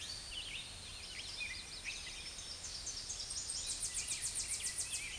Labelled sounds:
Tennessee Warbler (Leiothlypis peregrina) song
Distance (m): 25 m
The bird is about 5 m above the microphone
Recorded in a Pennsylvania forest on 16 May 2024 at 07:11
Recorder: AudioMoth, point MSD-0665
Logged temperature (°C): 16.1 °C
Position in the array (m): 74 m, 66 m

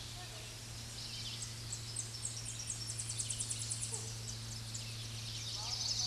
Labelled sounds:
Tennessee Warbler (Leiothlypis peregrina) song
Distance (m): 30 m
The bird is about 10 m above the microphone
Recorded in a Pennsylvania forest on 16 May 2024 at 07:56
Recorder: AudioMoth, point MSD-1419
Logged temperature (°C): 16.9 °C
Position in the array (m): 96 m, 162 m

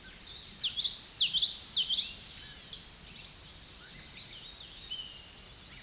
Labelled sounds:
Common Yellowthroat (Geothlypis trichas) song
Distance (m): 10 m
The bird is about 5 m above the microphone
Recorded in a Pennsylvania forest on 16 May 2024 at 07:28
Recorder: AudioMoth, point MSD-2061
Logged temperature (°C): 16.1 °C
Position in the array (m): 227 m, 181 m

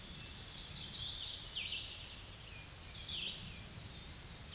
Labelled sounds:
Red-eyed Vireo (Vireo olivaceus) song
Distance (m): 25 m
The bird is about 20 m above the microphone
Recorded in a Pennsylvania forest on 16 May 2024 at 07:23
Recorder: AudioMoth, point MSD-2429
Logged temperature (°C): 16.7 °C
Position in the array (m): 115 m, 69 m

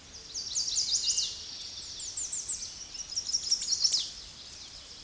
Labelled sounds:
American Redstart (Setophaga ruticilla) song
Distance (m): 20 m
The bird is about level with the microphone
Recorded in a Pennsylvania forest on 16 May 2024 at 07:41
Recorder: AudioMoth, point MSD-1360
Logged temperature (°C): 14.8 °C
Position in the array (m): 154 m, 219 m

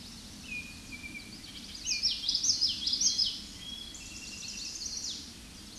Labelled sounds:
Common Yellowthroat (Geothlypis trichas) song
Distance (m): 15 m
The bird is about 10 m above the microphone
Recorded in a Pennsylvania forest on 16 May 2024 at 07:12
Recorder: AudioMoth, point MSD-1342
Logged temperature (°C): 15.5 °C
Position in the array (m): 232 m, 174 m

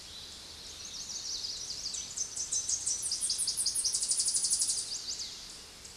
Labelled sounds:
Tennessee Warbler (Leiothlypis peregrina) song
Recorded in a Pennsylvania forest on 16 May 2024 at 08:04
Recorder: AudioMoth, point MSD-1958
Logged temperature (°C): 16.9 °C
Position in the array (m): 10 m, 85 m

